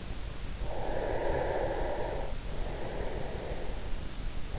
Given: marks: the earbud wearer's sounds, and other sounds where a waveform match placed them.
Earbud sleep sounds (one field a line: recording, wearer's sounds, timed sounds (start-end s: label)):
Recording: sounds in sleep by an in-ear microphone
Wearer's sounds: breath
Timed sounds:
0.46-4.39 s: breath